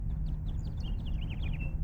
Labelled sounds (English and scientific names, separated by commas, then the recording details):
House Finch (Haemorhous mexicanus) song
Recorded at Oceanside on Long Island, New York, on 17 June 1975
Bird D